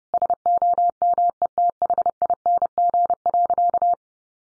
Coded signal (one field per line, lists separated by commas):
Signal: Morse code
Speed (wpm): 30 wpm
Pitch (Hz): 700 Hz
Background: none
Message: SOMETHING.